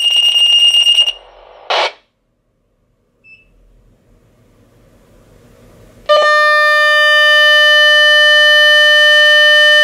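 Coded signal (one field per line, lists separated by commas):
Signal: pager alert tone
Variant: Motorola Minitor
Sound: short high tone, a click, quiet hiss, then a loud steady buzzing alert tone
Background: room noise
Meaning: Test page alerting the pagers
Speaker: you will hear the page go through, the A tone the B tone, and then you will hear the pager alert and then the squelch will turn off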